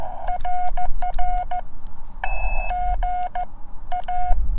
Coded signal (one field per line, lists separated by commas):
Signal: Morse code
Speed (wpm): 14 wpm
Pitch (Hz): 720 Hz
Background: none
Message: RR GA